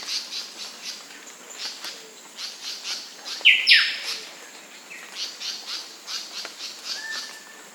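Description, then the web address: Bird calls: a loud sharp falling note near the middle, among softer repeated high chirps and a faint whistle. Papua New Guinea. "pngbirds Mona Gutt"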